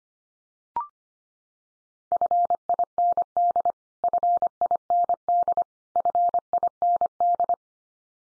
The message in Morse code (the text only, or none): FIND FIND FIND